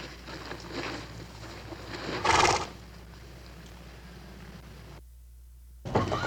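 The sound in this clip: Horse sounds, a soft breathy blow early on, a sharp loud snort midway, then another abrupt snort at the end over steady background noise.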